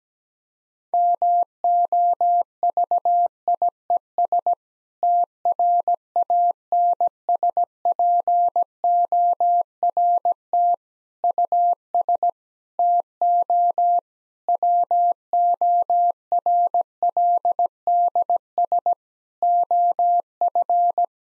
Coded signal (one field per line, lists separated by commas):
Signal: Morse code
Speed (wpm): 17 wpm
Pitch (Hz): 700 Hz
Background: none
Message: MOVIES TRANSPORT US TO WORLDS OF